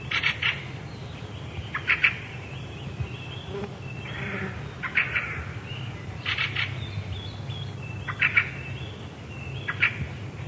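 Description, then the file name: Fieldfare producing repeated scratchy, chattering bursts, often in doubled clusters, spaced irregularly one and a half to three seconds apart over a constant low-pitched background rumble. "drozd ryabin"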